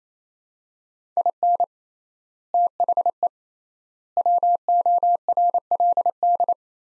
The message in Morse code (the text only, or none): IN THE WORLD